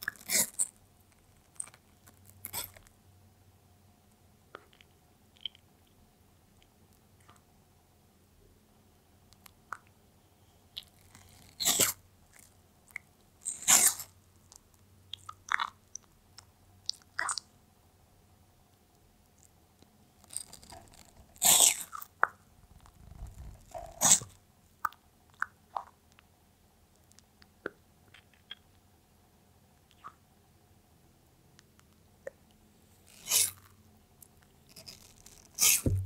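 A pet tortoise eats watermelon in a quiet setting, with sharp, wet crunching bites coming at irregular intervals, sometimes in quick clusters around the middle and near the end. Between bites there are long pauses with a faint low hum underneath.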